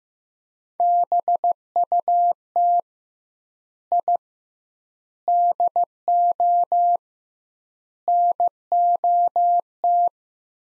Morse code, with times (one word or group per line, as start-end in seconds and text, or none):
0.8-2.8 BUT
3.9-4.2 I
5.3-7.0 DO
8.1-10.1 NOT